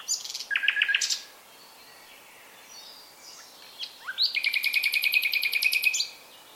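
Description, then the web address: Common nightingale song: a brief trilled phrase, a pause, then a long, fast, rhythmic run of repeated high notes. "SETE data Luscinia megarhynchos"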